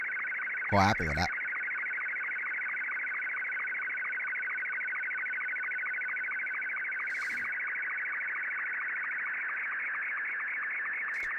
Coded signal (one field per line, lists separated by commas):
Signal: SSTV (slow-scan television)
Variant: Martin 2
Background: speech